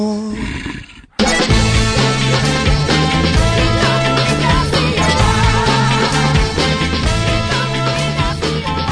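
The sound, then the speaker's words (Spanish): A brief, rough wolf growl effect fades out over about a second, then loud, dense music with a driving, repeating bass line takes over. “Todos los viernes, a partir de las 10 de la noche, hay un lobo suelto.”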